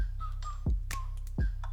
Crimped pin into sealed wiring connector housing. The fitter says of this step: So I have to use a pick to finish pushing it in. And basically I'm just going to push till I hear a click.